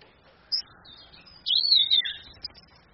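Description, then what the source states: Orange-headed thrush song: a brief high chip, then a warbled whistled phrase wavering between high and mid pitch, with a faint chip afterward. Female; used as a training recording for other birds.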